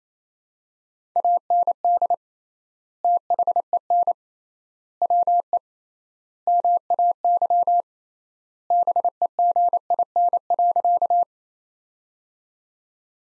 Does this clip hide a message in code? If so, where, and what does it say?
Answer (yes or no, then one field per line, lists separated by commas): yes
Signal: Morse code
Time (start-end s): 1.2-11.2 s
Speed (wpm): 28 wpm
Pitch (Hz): 700 Hz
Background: none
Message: AND THEN WE MAY BEGIN.